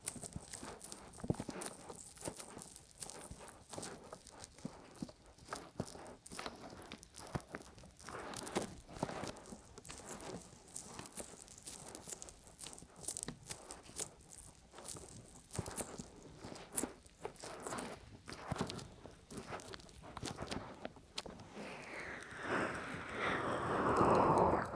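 An ear massage with oil, lotion and a peeling pack, with no talking. Dense crackling, sticky squelches and rubbing sounds come in quick irregular bursts throughout. Just after twenty seconds the sound grows louder into a steadier, swirling rub that lasts to the end.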